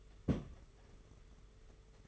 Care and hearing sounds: daily activity, microphone in the room; place on stove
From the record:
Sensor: 4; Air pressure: 991.9 hPa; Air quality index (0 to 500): 85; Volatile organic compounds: 6 ppm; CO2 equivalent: 1941 ppm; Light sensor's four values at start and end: 21/75/27/29 and 21/75/27/29

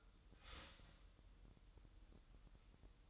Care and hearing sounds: daily activity, microphone in the room; start toaster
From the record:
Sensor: 3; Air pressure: 988.6 hPa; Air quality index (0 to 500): 195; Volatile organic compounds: 307 ppm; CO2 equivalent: 4497 ppm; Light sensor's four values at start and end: 23/72/30/26 and 23/72/30/26

